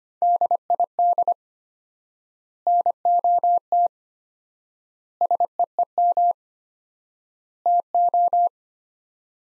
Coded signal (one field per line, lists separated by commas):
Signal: Morse code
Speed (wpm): 25 wpm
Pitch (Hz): 700 Hz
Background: none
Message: DID NOT SEEM TO